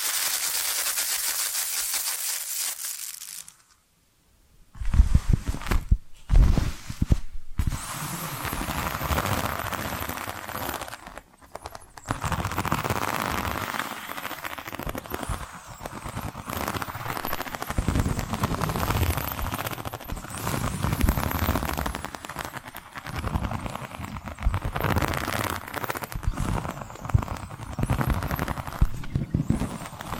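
Tapping and scratching sounds, starting with a bright, steady hiss that cuts to silence around four seconds. After that comes a dense, uneven run of knocks and rough scratches, with a few sharp taps near six and seven seconds and a brief dip near eleven.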